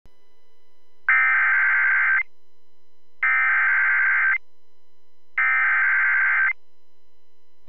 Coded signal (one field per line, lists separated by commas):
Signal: Emergency Alert System (SAME) tones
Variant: header bursts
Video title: Georgia Gets It | EAS Alerts from January 4th, 2023 (EAS #2169-2173)